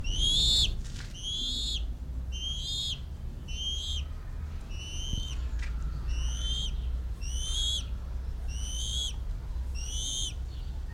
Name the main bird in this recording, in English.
Bald Eagle